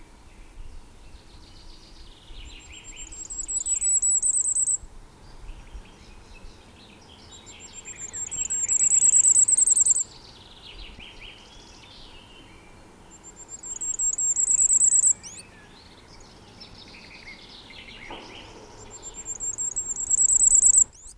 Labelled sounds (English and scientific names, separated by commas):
Common Firecrest (Regulus ignicapilla) song